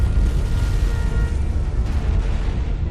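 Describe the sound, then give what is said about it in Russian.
A powerful explosion's boom rolls on as a heavy, continuous low rumble, loud and steady for the whole stretch, with crackling noise above it and no voices. “Вектора все еще мигала сигнальным фонарем, подтверждая получение приказа, как до Улисса донесся грохот мощного взрыва.”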